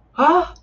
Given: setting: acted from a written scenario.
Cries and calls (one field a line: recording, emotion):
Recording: vocal sound without words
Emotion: positive surprise